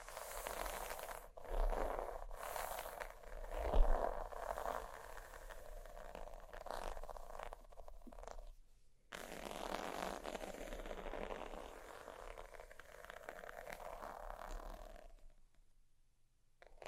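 Sheets rustle and scratch for most of the clip, a dense, scraping texture centred in the mids. Sharper brushes and taps land around 1.5, 2.5 and 4 seconds, with a low thump near 4. A short near-silence falls around 9 seconds, then scratching resumes before fading near the end.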